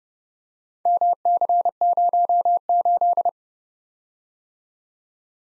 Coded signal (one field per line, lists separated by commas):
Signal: Morse code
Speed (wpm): 30 wpm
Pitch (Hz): 700 Hz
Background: none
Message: MC08